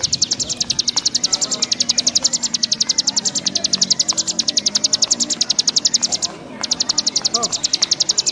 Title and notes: Kicau Ciblek new - putri sherin. kumpulan suara burung ciblek gacor dan anakan